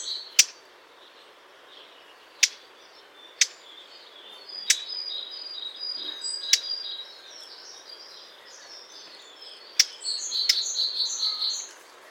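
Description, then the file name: Eurasian blackcap uttering isolated hard clicking tac notes at irregular intervals, with soft high warbling and chirping of other birds behind them. "Sylvia atricapilla"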